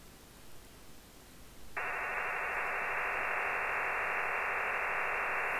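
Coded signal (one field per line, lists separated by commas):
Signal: digital SSTV (DRM)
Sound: faint static, then a sudden steady wideband rushing hiss that continues to the end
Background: radio static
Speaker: kita mulai saya akan memancar di radio yang satu hai oke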